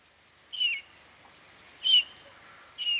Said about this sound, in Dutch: Oeh, er ging goudvink. Shit. Een goudvink? Ja, je bent al te laat.